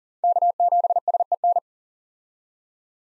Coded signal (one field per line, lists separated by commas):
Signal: Morse code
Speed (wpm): 40 wpm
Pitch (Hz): 700 Hz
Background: none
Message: K7SEN